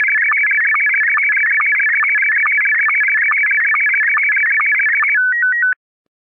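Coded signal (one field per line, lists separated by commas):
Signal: SSTV (slow-scan television)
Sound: fast warbling electronic tones with regular low ticks, ending in a few steady beeps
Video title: RX SSTV Mima perfect blue (loud noise warning)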